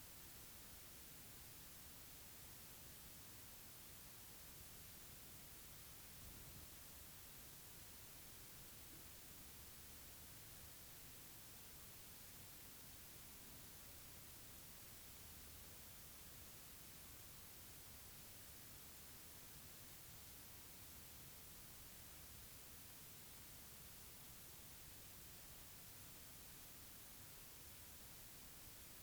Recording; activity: daily activity, guitar pickup as the sensor; sit